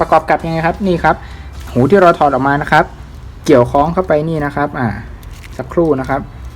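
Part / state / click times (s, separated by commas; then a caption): sheath attachment hook into its mounting loop / not seated / none. Someone talks while hooking the attachment loop of a Gerber Strong Arm knife sheath into its mount so the hook can catch. Nothing has seated or clicked yet; the clip ends just before the part goes home.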